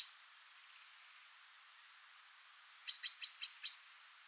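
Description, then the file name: Common chaffinch with one sharp note, a pause, then a rapid run of five clipped high notes. "Fringilla coelebs"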